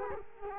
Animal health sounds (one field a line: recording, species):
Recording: mosquito wingbeat signal from an infrared sensor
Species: Culex quinquefasciatus